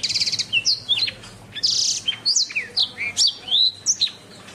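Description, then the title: Oriental magpie-robin singing a busy medley of sharp whistles, descending slurs and short buzzy rattles, notes tumbling out several per second. Chirping song. "Kicau Kacer"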